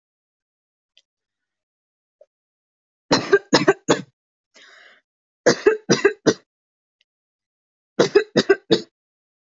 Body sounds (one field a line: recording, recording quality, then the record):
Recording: shallow voluntary cough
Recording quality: excellent, no background noise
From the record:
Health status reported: exposed to COVID-19, no respiratory illness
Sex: female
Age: 22 years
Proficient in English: yes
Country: India